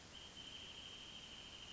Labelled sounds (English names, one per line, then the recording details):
Wrentit
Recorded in Sonoma County, California